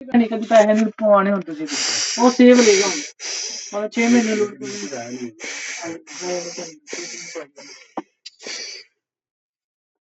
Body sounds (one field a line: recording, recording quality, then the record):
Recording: shallow breathing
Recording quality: excellent, no background noise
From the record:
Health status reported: healthy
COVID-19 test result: not tested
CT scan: not taken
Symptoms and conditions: none ticked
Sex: male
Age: 35 years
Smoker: no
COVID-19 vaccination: both doses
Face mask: not worn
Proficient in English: yes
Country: India